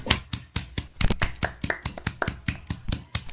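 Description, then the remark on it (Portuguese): Hands clap at a ceremony in a quick, fairly steady rhythm, a run of sharp, bright smacks, like a small group applauding a colleague together, with no voices over it. “Hoje, palmas aí pro mesmo.”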